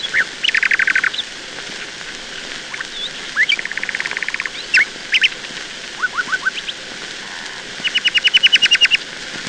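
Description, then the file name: Nightingale song: a rapid rattling series of repeated notes, several sharp rising whistles, three slurred notes, then a long fast run of identical pulses, over a steady hiss. "Solovei"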